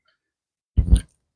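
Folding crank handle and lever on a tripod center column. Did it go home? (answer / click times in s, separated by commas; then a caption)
yes / 1.0 s. On a Manfrotto Bogen 3046/3246 tripod, the lever on the center column is pushed down to fold the crank handle closed for storage. A low, rattling mechanical burst starts around 0.8 s, and the handle snaps home with a sharp click at 1.0 s. The handle is seated and latched closed.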